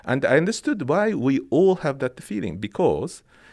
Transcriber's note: none